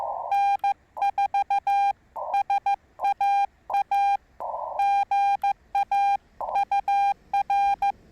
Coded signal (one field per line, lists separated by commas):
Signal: Morse code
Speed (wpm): 15 wpm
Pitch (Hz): 810 Hz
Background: none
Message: N4SAA GA UR